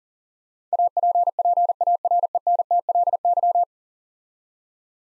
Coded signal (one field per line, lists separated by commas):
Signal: Morse code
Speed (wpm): 43 wpm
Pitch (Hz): 700 Hz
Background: none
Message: APPARENTLY